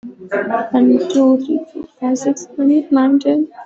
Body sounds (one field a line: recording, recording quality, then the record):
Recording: counting at a fast pace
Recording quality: poor, much background noise or distortion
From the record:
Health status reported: COVID-19 positive, mild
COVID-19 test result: positive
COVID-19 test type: RT-PCR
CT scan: not taken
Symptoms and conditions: cough, cold, fever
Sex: female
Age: 26 years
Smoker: no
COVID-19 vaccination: both doses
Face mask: worn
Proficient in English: yes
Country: India